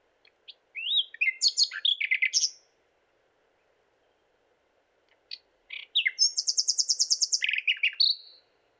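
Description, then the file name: Common nightingale song: two varied phrases of whistles and chirps, the second containing a rapid trill of repeated notes, with a silent pause between. "Luscinia megarhynchos"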